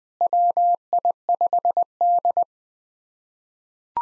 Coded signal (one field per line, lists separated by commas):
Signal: Morse code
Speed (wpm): 20 wpm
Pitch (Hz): 700 Hz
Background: none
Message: WI5D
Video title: POTA QSO Practice - 20wpm